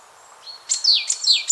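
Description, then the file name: Great tit calls: two bright, sharp notes that sweep quickly downward from very high pitch, following a faint thin whistle. "Parus major"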